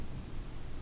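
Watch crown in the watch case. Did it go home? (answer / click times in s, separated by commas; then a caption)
no / none. The crown of a bronze Wicked Watch Co. Swiss Made Pearl Diver is pulled out toward its first (date) position in the watch case, heard only as a faint, steady hiss and rustle with no sudden sounds. No click has sounded yet: the crown misses the first position and goes straight to the second, blamed on pulling too heavy-handedly.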